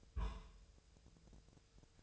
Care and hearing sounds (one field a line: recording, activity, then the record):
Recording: daily activity, microphone in the room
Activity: place on stove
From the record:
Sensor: 2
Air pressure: 999.3 hPa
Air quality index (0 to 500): 196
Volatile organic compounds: 27 ppm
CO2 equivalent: 2896 ppm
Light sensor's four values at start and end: 6/15/6/6 and 6/15/6/6